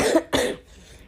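Two quick, harsh coughs from an adult who is sick and whose breathing is not so great, the second following the first by about a third of a second, then quiet room tone. A plain, dry-sounding double cough with no wheeze or stridor audible.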